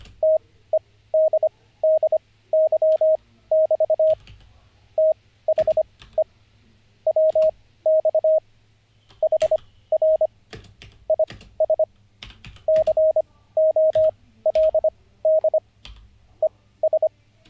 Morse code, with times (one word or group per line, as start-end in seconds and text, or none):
0.2-4.1 TEDDY<BT>
5.0-6.2 THE
7.1-8.4 WX
9.2-10.3 HR
11.1-11.8 IS
12.7-15.6 COLD
16.4-17.1 ES